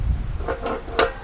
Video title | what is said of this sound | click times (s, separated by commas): ChampDemo.mp4 | as you push upward you'll hear the latch mechanism click every six inches | 1.0 s